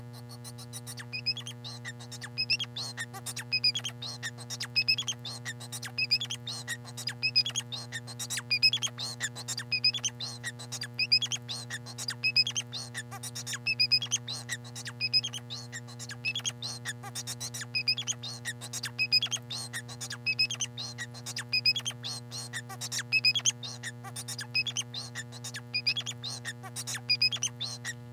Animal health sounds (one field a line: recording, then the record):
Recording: song of a male Bengalese finch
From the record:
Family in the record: son of father 4